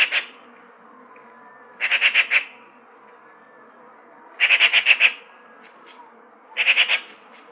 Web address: сорока